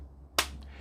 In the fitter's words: Do you hear that snap?